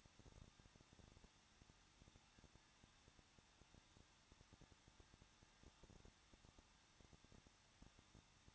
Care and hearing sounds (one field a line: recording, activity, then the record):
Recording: daily activity, microphone in the room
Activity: no activity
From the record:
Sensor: 3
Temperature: 21.2 degrees Celsius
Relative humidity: 36.3%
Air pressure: 1006.4 hPa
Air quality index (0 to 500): 221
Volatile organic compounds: 40 ppm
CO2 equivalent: 3147 ppm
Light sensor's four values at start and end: 2/3/2/2 and 2/3/2/2